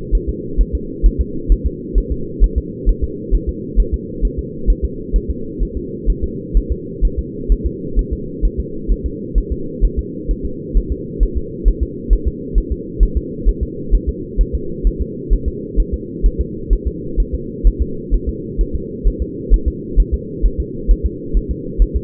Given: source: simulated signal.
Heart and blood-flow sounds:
fetal heart sounds
0.15 s: S1
0.29 s: S2
0.61 s: S1
0.75 s: S2
1.06 s: S1
1.21 s: S2
1.52 s: S1
1.66 s: S2
1.98 s: S1
2.12 s: S2
2.44 s: S1
2.58 s: S2
2.89 s: S1
3.04 s: S2
3.35 s: S1
3.49 s: S2
3.80 s: S1
3.94 s: S2
4.25 s: S1
4.39 s: S2
4.70 s: S1
4.85 s: S2
5.16 s: S1
5.30 s: S2
5.62 s: S1
5.77 s: S2
6.10 s: S1
6.24 s: S2
6.57 s: S1
6.72 s: S2
7.05 s: S1
7.19 s: S2
7.52 s: S1
7.66 s: S2
7.99 s: S1
8.13 s: S2
8.45 s: S1
8.60 s: S2
8.92 s: S1
9.06 s: S2
9.38 s: S1
9.52 s: S2
9.84 s: S1
9.99 s: S2
10.31 s: S1
10.45 s: S2
10.77 s: S1
10.92 s: S2
11.23 s: S1
11.38 s: S2
11.68 s: S1
11.83 s: S2
12.13 s: S1
12.28 s: S2
12.58 s: S1
12.72 s: S2
13.03 s: S1
13.17 s: S2
13.48 s: S1
13.63 s: S2
13.94 s: S1
14.09 s: S2
14.41 s: S1
14.55 s: S2
14.87 s: S1
15.01 s: S2
15.33 s: S1
15.48 s: S2
15.80 s: S1
15.94 s: S2
16.26 s: S1
16.41 s: S2
16.73 s: S1
16.87 s: S2
17.20 s: S1
17.34 s: S2
17.67 s: S1
17.82 s: S2
18.14 s: S1
18.29 s: S2
18.61 s: S1
18.75 s: S2
19.07 s: S1
19.22 s: S2
19.54 s: S1
19.68 s: S2
20.00 s: S1
20.14 s: S2
20.45 s: S1
20.60 s: S2
20.91 s: S1
21.06 s: S2
21.37 s: S1
21.51 s: S2
21.82 s: S1
21.96 s: S2
From the record:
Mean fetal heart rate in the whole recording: 130 bpm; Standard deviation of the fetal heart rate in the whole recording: 2 bpm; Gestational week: 36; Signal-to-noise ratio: -4.3 dB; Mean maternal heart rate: 72 bpm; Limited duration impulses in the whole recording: absent

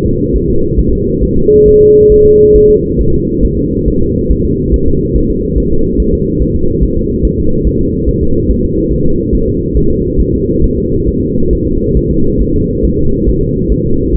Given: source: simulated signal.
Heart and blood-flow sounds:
fetal heart sounds
0.06 s: S2
0.36 s: S1
0.50 s: S2
0.79 s: S1
0.93 s: S2
1.23 s: S1
1.37 s: S2
1.68 s: S1
1.82 s: S2
2.12 s: S1
2.26 s: S2
2.56 s: S1
2.70 s: S2
3.01 s: S1
3.15 s: S2
3.45 s: S1
3.59 s: S2
3.88 s: S1
4.02 s: S2
4.31 s: S1
4.45 s: S2
4.74 s: S1
4.88 s: S2
5.16 s: S1
5.30 s: S2
5.58 s: S1
5.72 s: S2
6.00 s: S1
6.14 s: S2
6.42 s: S1
6.56 s: S2
6.83 s: S1
6.97 s: S2
7.25 s: S1
7.39 s: S2
7.67 s: S1
7.81 s: S2
8.09 s: S1
8.23 s: S2
8.51 s: S1
8.65 s: S2
8.93 s: S1
9.07 s: S2
9.35 s: S1
9.49 s: S2
9.77 s: S1
9.91 s: S2
10.20 s: S1
10.34 s: S2
10.64 s: S1
10.78 s: S2
11.08 s: S1
11.22 s: S2
11.53 s: S1
11.67 s: S2
11.97 s: S1
12.11 s: S2
12.42 s: S1
12.56 s: S2
12.85 s: S1
12.99 s: S2
13.29 s: S1
13.43 s: S2
13.72 s: S1
13.86 s: S2
14.14 s: S1
From the record:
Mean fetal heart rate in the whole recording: 140 bpm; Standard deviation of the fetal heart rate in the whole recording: 2 bpm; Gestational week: 34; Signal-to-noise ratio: -16.4 dB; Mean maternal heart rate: 72 bpm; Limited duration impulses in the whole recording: present

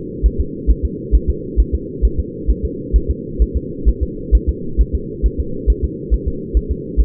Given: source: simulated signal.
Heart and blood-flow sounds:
fetal heart sounds
0.26 s: S1
0.40 s: S2
0.70 s: S1
0.85 s: S2
1.15 s: S1
1.30 s: S2
1.60 s: S1
1.74 s: S2
2.05 s: S1
2.20 s: S2
2.50 s: S1
2.65 s: S2
2.96 s: S1
3.10 s: S2
3.42 s: S1
3.56 s: S2
3.88 s: S1
4.03 s: S2
4.35 s: S1
4.49 s: S2
4.81 s: S1
4.95 s: S2
5.26 s: S1
5.40 s: S2
5.70 s: S1
5.84 s: S2
6.14 s: S1
6.28 s: S2
6.57 s: S1
6.71 s: S2
7.00 s: S1
From the record:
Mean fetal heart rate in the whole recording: 135 bpm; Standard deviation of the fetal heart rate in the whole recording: 3 bpm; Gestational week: 34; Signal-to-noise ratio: -4.3 dB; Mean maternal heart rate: 72 bpm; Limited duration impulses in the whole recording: absent

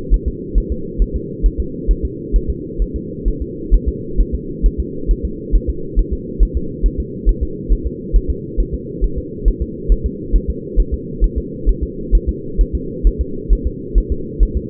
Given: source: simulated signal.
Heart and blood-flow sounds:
fetal heart sounds
0.14 s: S1
0.28 s: S2
0.58 s: S1
0.72 s: S2
1.02 s: S1
1.16 s: S2
1.46 s: S1
1.60 s: S2
1.91 s: S1
2.05 s: S2
2.36 s: S1
2.50 s: S2
2.82 s: S1
2.96 s: S2
3.28 s: S1
3.42 s: S2
3.74 s: S1
3.88 s: S2
4.20 s: S1
4.34 s: S2
4.66 s: S1
4.80 s: S2
5.11 s: S1
5.25 s: S2
5.55 s: S1
5.69 s: S2
5.99 s: S1
6.13 s: S2
6.43 s: S1
6.57 s: S2
6.86 s: S1
7.00 s: S2
7.29 s: S1
7.43 s: S2
7.72 s: S1
7.87 s: S2
8.16 s: S1
8.30 s: S2
8.60 s: S1
8.74 s: S2
9.04 s: S1
9.18 s: S2
9.48 s: S1
9.62 s: S2
9.92 s: S1
10.06 s: S2
10.36 s: S1
10.50 s: S2
10.79 s: S1
10.94 s: S2
11.24 s: S1
11.38 s: S2
11.69 s: S1
11.83 s: S2
12.15 s: S1
12.29 s: S2
12.61 s: S1
12.75 s: S2
13.07 s: S1
13.21 s: S2
13.53 s: S1
13.67 s: S2
13.98 s: S1
14.12 s: S2
14.43 s: S1
14.57 s: S2
From the record:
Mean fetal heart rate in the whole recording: 135 bpm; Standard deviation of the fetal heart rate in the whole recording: 3 bpm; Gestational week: 36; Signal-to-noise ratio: -4.3 dB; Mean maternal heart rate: 72 bpm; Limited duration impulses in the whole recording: absent

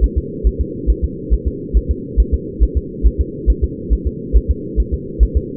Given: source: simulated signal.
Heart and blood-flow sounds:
fetal heart sounds
0.04 s: S1
0.18 s: S2
0.47 s: S1
0.61 s: S2
0.90 s: S1
1.04 s: S2
1.33 s: S1
1.48 s: S2
1.77 s: S1
1.91 s: S2
2.20 s: S1
2.34 s: S2
2.63 s: S1
2.77 s: S2
3.07 s: S1
3.21 s: S2
3.50 s: S1
3.64 s: S2
3.93 s: S1
4.07 s: S2
4.37 s: S1
4.51 s: S2
4.80 s: S1
4.94 s: S2
5.23 s: S1
5.37 s: S2
From the record:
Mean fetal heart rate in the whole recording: 140 bpm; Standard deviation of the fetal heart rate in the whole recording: 2 bpm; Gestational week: 34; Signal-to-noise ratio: -4.1 dB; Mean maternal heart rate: no maternal heart sound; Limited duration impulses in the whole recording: absent

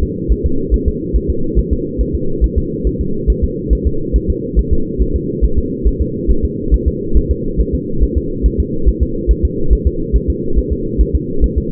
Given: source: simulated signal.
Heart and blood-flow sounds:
fetal heart sounds
0.03 s: S2
0.32 s: S1
0.46 s: S2
0.74 s: S1
0.88 s: S2
1.16 s: S1
1.30 s: S2
1.59 s: S1
1.73 s: S2
2.01 s: S1
2.15 s: S2
2.44 s: S1
2.58 s: S2
2.87 s: S1
3.01 s: S2
3.30 s: S1
3.44 s: S2
3.73 s: S1
3.87 s: S2
4.16 s: S1
4.30 s: S2
4.59 s: S1
4.73 s: S2
5.02 s: S1
5.16 s: S2
5.44 s: S1
5.58 s: S2
5.87 s: S1
6.02 s: S2
6.30 s: S1
6.45 s: S2
6.74 s: S1
6.88 s: S2
7.17 s: S1
7.31 s: S2
7.60 s: S1
7.75 s: S2
8.03 s: S1
8.17 s: S2
8.46 s: S1
8.60 s: S2
8.88 s: S1
9.03 s: S2
9.31 s: S1
9.45 s: S2
9.73 s: S1
9.87 s: S2
10.16 s: S1
10.30 s: S2
10.58 s: S1
10.72 s: S2
11.01 s: S1
11.15 s: S2
11.44 s: S1
11.58 s: S2
From the record:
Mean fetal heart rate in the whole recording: 140 bpm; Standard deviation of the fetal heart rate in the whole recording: 2 bpm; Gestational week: 34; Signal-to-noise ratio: -8.1 dB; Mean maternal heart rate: 72 bpm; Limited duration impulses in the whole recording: absent

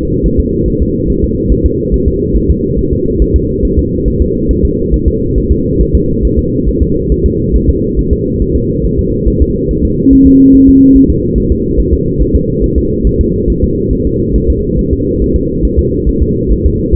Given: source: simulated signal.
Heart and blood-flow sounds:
fetal heart sounds
0.26 s: S1
0.40 s: S2
0.68 s: S1
0.82 s: S2
1.10 s: S1
1.24 s: S2
1.52 s: S1
1.66 s: S2
1.94 s: S1
2.08 s: S2
2.37 s: S1
2.50 s: S2
2.79 s: S1
2.93 s: S2
3.22 s: S1
3.36 s: S2
3.65 s: S1
3.79 s: S2
4.08 s: S1
4.22 s: S2
4.51 s: S1
4.65 s: S2
4.94 s: S1
5.08 s: S2
5.38 s: S1
5.51 s: S2
5.81 s: S1
5.95 s: S2
6.25 s: S1
6.39 s: S2
6.69 s: S1
6.82 s: S2
7.12 s: S1
7.26 s: S2
7.56 s: S1
7.69 s: S2
7.99 s: S1
8.13 s: S2
8.42 s: S1
8.56 s: S2
8.85 s: S1
8.99 s: S2
9.28 s: S1
9.42 s: S2
9.71 s: S1
9.85 s: S2
10.13 s: S1
10.27 s: S2
10.55 s: S1
10.69 s: S2
10.96 s: S1
11.10 s: S2
11.38 s: S1
11.52 s: S2
11.80 s: S1
11.94 s: S2
12.22 s: S1
12.35 s: S2
12.64 s: S1
12.78 s: S2
13.07 s: S1
13.21 s: S2
13.50 s: S1
13.64 s: S2
13.93 s: S1
14.07 s: S2
14.36 s: S1
14.50 s: S2
14.79 s: S1
14.93 s: S2
15.22 s: S1
15.36 s: S2
15.65 s: S1
15.79 s: S2
16.09 s: S1
16.22 s: S2
16.52 s: S1
16.66 s: S2
From the record:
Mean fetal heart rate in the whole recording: 140 bpm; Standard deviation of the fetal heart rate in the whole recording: 2 bpm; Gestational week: 34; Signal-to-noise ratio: -10.2 dB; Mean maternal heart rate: 72 bpm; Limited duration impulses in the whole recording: present

